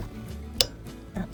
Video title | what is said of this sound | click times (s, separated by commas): ♡レディースバイカー必見(⋈◍＞◡＜◍)。✧♡ハーレーソフテイル♡プライマリー＆ミッションオイル交換♬チャレンジ♬harley davidson♡『Motovlog #74』 | このカチッといったら OK です。 | 0.6 s